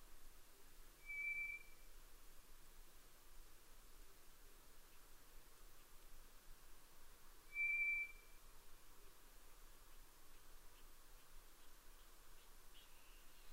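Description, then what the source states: White's thrush song: two thin level whistles several seconds apart, fairly faint above steady hiss. At night, 22:35, 11 June 2011.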